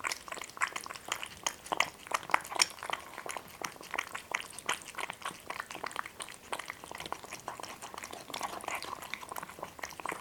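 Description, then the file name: Cat chewing and crunching food in quick irregular bursts of clicky bites, steady throughout. Two cats, named Boris and Ivo, eating. "Boris and Ivo two Cats are eating"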